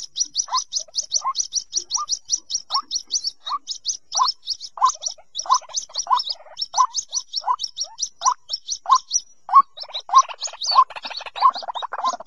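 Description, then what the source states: White-breasted waterhen calls: a steady series of short rising notes near mid pitch, about one and a half per second, under a stream of high thin ticks, growing busier near the end. Young bird.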